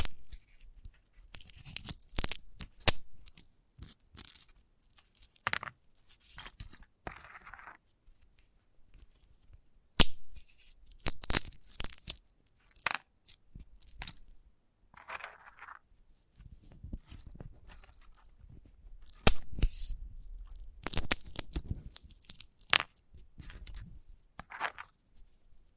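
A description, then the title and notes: Handling of a sunflower head, with dry crackles, snaps and scratchy tearing sounds coming in irregular bursts. The crisp, bright crunching is heaviest around the start, near ten seconds, and again around nineteen to twenty-two seconds, separated by brief quiet pauses. ASMR of a Sunflower Head (No Talking).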